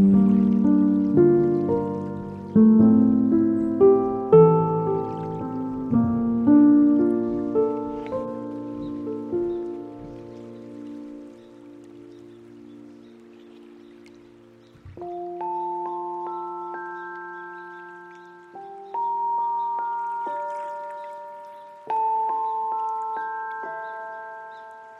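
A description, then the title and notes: Slow piano chords ring out and fade, dense and low-pitched through the first ten seconds, then thinning almost to silence near fourteen seconds. Brighter, sparser chords strike again around fifteen, nineteen and twenty-two seconds, each sustaining over a faint, soft wash. The sound of the lapping Columbia River with ASMR-like sensitivity, forming a unique backdrop for piano, strings, and hushed, undulating synth drones.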